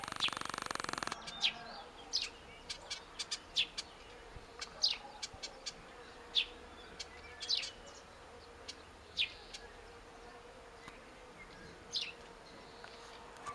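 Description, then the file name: Eurasian blackcap calls: dry, clicking tac notes in an irregular series, after a brief burst of noise at the start, over a low steady hum. "Sylvia atricapilla"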